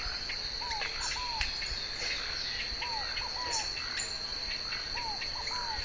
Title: LuckyPassaro Completos2Sama. Planalto Tyrannulet (Phyllomyias fasciatus)